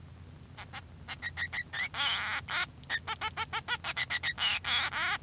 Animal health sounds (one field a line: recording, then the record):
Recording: song of a male Bengalese finch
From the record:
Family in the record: son of father 3